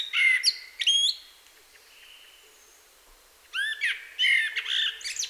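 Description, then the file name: Common blackbird song: short fluted notes with high squeaky tails, a quiet gap, then a busier burst of whistles and twitters. "Turdus merula"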